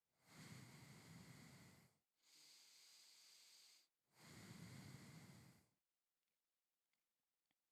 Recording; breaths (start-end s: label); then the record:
nose breathing near a microphone
0.00-1.93 s: exhalation
1.93-3.88 s: inhalation
3.88-5.58 s: exhalation
From the record:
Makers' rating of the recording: medium